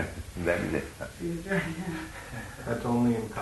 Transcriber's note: chuckles